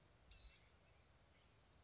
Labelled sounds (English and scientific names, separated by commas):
Blue-gray Gnatcatcher (Polioptila caerulea)